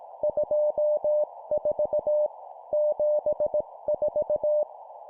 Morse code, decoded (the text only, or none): 24 74